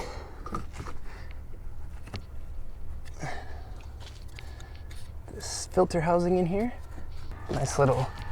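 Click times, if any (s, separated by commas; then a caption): none. Someone talks while handling the second-side plastic intake air filter housing on a Porsche 981 Cayman GT4 as it is refitted toward its retaining tabs, with a few light knocks of handling. Nothing has seated or clicked into the tabs yet.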